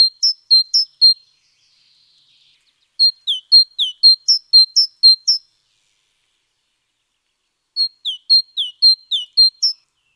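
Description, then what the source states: Great tit with bursts of high, clear notes, some flat and some dropping sharply, repeated in three phrases separated by silence. Nominate subspecies Parus major major; Indonesian name gelatik batu.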